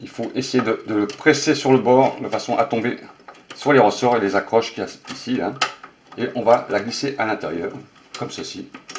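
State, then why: Not seated. A network (ethernet) expansion card is handled at a slot inside a desktop PC, being slid in and pressed on its edge to catch on the spring clips. Someone talks throughout, with faint handling sounds and a brief sharp sound at the very end around 9.0 s. The card has not seated or clicked yet; the clip ends before it goes home.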